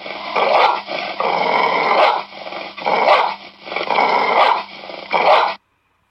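American Pit Bull Terrier: dog barking in harsh, growly bursts, with rough rumbling growls filling the gaps, then stopping abruptly.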